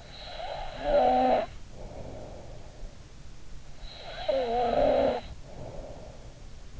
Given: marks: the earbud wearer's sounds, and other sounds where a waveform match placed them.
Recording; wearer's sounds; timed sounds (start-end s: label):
sounds in sleep by an in-ear microphone; snoring breath
0.00-2.74 s: snoring breath
3.88-6.34 s: snoring breath